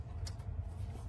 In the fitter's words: Click into place.